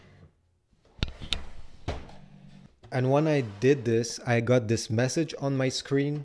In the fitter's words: push it until it clicks